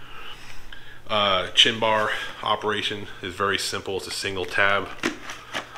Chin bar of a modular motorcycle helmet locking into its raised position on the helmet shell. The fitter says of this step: it up locks into place it's got a good firm lock to hold it up there